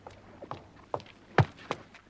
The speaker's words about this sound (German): Glücklicherweise hörte ich Schritte näher kommen. Rasche Schritte.